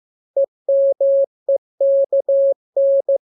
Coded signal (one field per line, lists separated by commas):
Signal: Morse code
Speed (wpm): 15 wpm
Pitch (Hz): 550 Hz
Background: none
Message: EMEKN